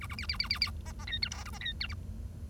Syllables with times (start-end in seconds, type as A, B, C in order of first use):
0.01-0.07 A, 0.10-0.15 A, 0.18-0.26 B, 0.29-0.37 B, 0.39-0.48 B, 0.50-0.59 B, 0.61-0.70 B, 0.85-0.92 C, 0.99-1.05 C, 1.07-1.18 D, 1.22-1.29 E, 1.31-1.43 F, 1.45-1.50 G, 1.53-1.58 C, 1.60-1.72 D, 1.80-1.87 E, 1.89-1.94 H